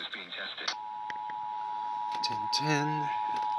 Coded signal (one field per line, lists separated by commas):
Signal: Emergency Alert System (SAME) tones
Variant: 853 and 960 Hz attention tone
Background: speech